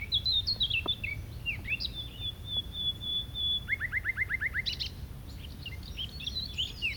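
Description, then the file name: Common nightingale song: chirps and a sustained pure whistle, then a quick series of about eight sliding notes, followed by scattered chirps, with a low hum underneath. "Luscinia megarhynchos"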